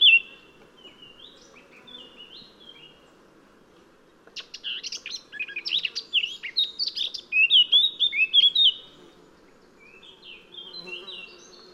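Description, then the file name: Eurasian blackcap song: a quiet, scratchy warble for several seconds, then a loud burst of chattering notes ending in clear fluty whistles, then the quiet warble again, over a faint low hum. "Sylvia atricapilla"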